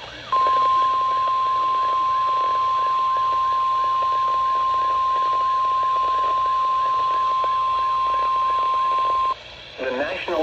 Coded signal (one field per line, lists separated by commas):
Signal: Emergency Alert System (SAME) tones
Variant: 1050 Hz attention tone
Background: speech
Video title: Your Typical June Afternoon- EAS Alerts from 6/16 & 6/17/22 - EAS 716-773